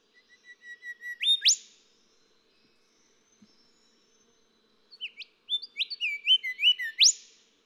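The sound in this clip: Golden whistler song: a swelling series of whistles ending in a whip, a pause, then a second varied phrase of rising notes closing with another upsweep.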